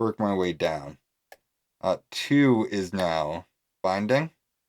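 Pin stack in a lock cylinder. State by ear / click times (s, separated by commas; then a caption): not seated / none. Someone talks while picking a practice pin-tumbler lock, working on pin two of the pin stack in the lock cylinder as it binds, with a faint short tick near 1.3 s between the words. Nothing has set or clicked yet; the clip ends before pin two sets at the shear line.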